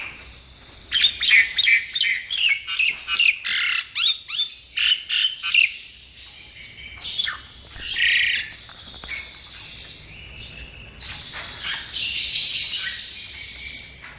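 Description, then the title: Nias hill myna delivering a rhythmic run of sharp clipped notes, then broader harsh squawks and grating calls in the second half. "Jalak Nias"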